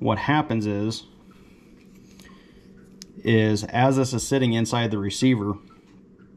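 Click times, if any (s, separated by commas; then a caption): none. A shotgun charging handle is being worked with its bolt carrier, which sits inside the receiver and holds a spring-loaded detent ball that indexes on a notch. Someone talks in two stretches with a quiet pause between, and only faint brief ticks are heard during the pause. The clip ends before the charging handle goes in, so nothing has clicked or seated yet.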